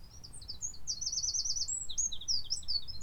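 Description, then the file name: Eurasian wren song: a rapid, high jumble of sharp notes with a fast rattling trill in the middle, continuing without pause. "Troglodytes troglodytes"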